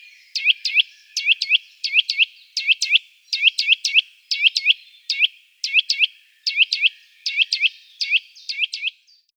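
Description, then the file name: Eurasian nuthatch song, a steady series of clear hooked whistles in short groups, repeated throughout. "Sitta europaea. Trilar"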